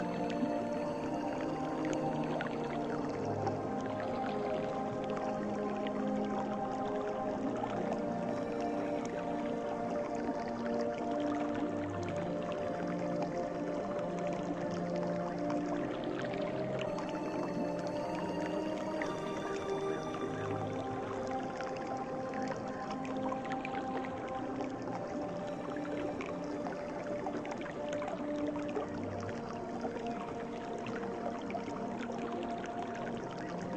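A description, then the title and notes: Soft piano music plays with long, held tones layered over a steady bed of sound, the notes blending into a sustained wash rather than sharp strikes. Level stays even throughout, with a faint watery rustle underneath and no sudden events. Soft Piano Music and Nature.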